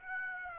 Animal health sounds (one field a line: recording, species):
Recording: mosquito wingbeat signal from an infrared sensor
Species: Aedes aegypti